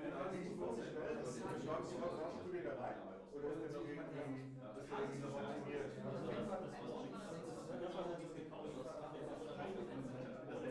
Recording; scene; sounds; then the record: everyday scene through a hearing-aid microphone; many people talking; many voices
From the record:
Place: bistro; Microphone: behind the ear, left, front